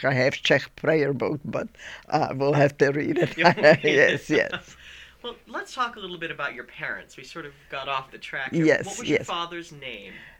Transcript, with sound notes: I have Czech prayer book but I will have to read it. (they laugh)
Well, let's talk a little bit about your parents. We sort of got off the track.
Yes, yes.
What was your father's name.